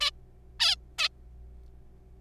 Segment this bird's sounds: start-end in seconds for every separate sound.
0.01-0.11, 0.60-0.76, 0.98-1.09